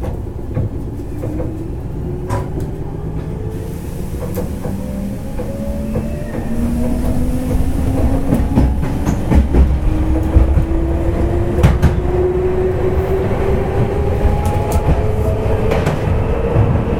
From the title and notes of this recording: 南海電気鉄道 7100系電車の走行音です。 南海線の特急サザンにて収録しました。 区間は、難波から堺までです。 Running noise of the Nankai Railway 7100 series train.